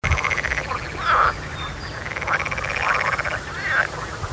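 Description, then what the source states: Frogs croaking in overlapping rattling calls over a low background rumble. Frogs near Ketzin, Germany, on 24 May 2021.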